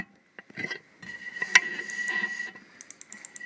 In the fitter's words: just gets a nice click